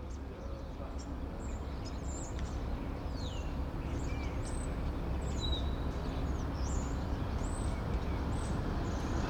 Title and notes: Rue Tasson-Snel 9, 1060 Saint-Gilles, Belgique - Étourneaux - Starlings. Étourneaux sur une grue, intérieur dîlot. Starlings on a crane, Inner courtyard. Sony PCM-M10